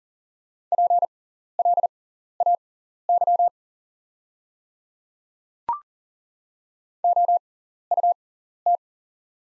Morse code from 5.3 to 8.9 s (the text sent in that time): OUT